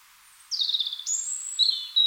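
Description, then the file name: European robin delivering a brief high, liquid phrase of slurred whistles stepping up and down, over steady light hiss. "Erithacus rubecula"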